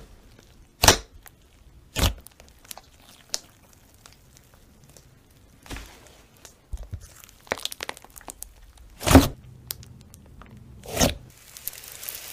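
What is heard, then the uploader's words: Slime being handled, with sharp wet pops and crackles near 1, 2, 9 and 11 seconds. Satisfying slime ASMR.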